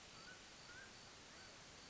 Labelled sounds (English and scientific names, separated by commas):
Mountain Quail (Oreortyx pictus)